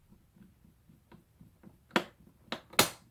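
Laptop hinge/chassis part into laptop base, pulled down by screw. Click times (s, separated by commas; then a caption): 2.0 s, 2.5 s, 2.8 s. As a screw is tightened into the hinge area of an Asus laptop during a keyboard replacement, faint soft ticks precede three sharp plastic snaps at 2.0, 2.5 and 2.8 seconds. The screw pulls the plastic hinge/chassis part down into the laptop base, where it snaps into place and is seated.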